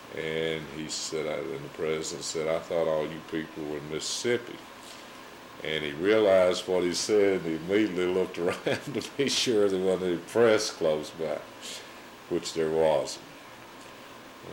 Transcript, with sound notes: And he said--and the President said, "I thought all you people were in Mississippi." And he realized what he said and immediately looked around [chuckles] to be sure there wasn't any press close back, which there wasn't. And--.